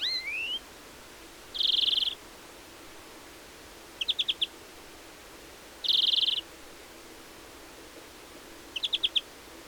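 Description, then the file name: European greenfinch calls: an opening rising wheeze, then buzzy trills alternating with short chatters. "Chloris chloris"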